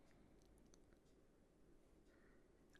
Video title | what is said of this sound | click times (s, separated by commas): Build Steve McQueen's Iconic Porsche 917kh from Agora Models - Pack 11 - Stages 81-89 | there we go that locks in place so now when I push this in you should see that | 0.7 s